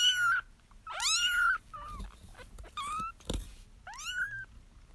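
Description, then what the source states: Kitten meowing: five high, plaintive meows with falling ends, the second the longest, separated by short pauses, with one brief thump between them. Kittens, more than one animal.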